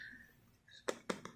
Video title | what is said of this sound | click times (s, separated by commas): happy late new year 🎉 | the little plastic Clips I guess you can call it that pop into place to keep it shut | 0.9 s, 1.1 s